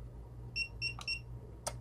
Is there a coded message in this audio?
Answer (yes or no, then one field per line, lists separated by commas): no